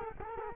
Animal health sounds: mosquito wingbeat signal from an infrared sensor; Culex quinquefasciatus

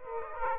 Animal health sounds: mosquito wingbeat signal from an infrared sensor; Aedes aegypti

